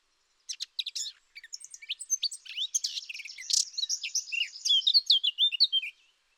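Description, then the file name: Eurasian blackcap song: sharp ticking notes build into a long, fast, rich warble of varied whistles that gradually grows louder before stopping. "Sylvia atricapilla"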